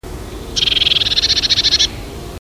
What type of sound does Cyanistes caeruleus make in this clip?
alarm call